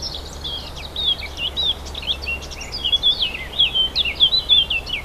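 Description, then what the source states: Warbler singing a quick, scratchy warble of high slurred notes, building into a busier, louder run of phrases toward the end, with constant background hiss. Several warblers, recorded 4 May 2011 on a portable MiniDisc recorder.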